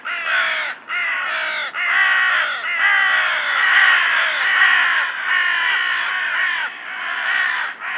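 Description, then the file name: Carrion crow calling in a near-continuous series of hoarse, grating caws, roughly one a second, with barely any gaps. "Corvus corone"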